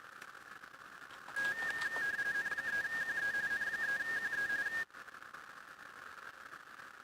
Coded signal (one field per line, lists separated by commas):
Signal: RTTY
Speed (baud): 45.45 baud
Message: N3QE N3QE